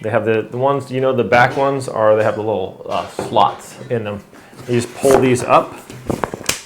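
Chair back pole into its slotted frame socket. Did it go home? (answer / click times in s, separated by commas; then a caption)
yes / 6.2 s, 6.5 s. Someone talks while pulling up the back support poles of a YUNONGLIVE Foldable Lander collapsible metal camping chair. Sharp pops at 6.2 s and 6.5 s are heard as a pole pops out into its slotted frame socket and locks in place.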